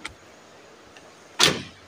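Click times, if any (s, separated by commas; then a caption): none. On a Nissan Navara fitted with a Der Armor roll bar and Revolver cover, the roller or hard tonneau cover is handled and closed over the pickup bed so its lock can hook into its catch on the bed rail, to keep the sides from folding open. A short sharp tick sounds at 0.1 s, a faint tick near 1.0 s, and a loud broadband burst at 1.4 s fades out by about 1.7 s. The lock is still being handled, and nothing has seated or clicked yet.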